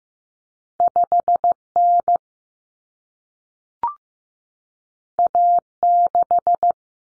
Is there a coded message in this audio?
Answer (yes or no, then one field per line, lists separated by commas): yes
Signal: Morse code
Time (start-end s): 0.8-6.7 s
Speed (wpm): 15 wpm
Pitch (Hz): 700 Hz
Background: none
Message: 5N A6